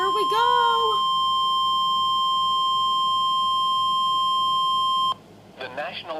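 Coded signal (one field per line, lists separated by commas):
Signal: Emergency Alert System (SAME) tones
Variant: 1050 Hz attention tone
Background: speech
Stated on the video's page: Special marine warning; the end of the alert was missed.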